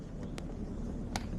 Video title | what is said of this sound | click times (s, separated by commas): EXPLORING ANTARCTICA (A cinematic short film) | Yes, it is. Audible click, hear that? | 1.2 s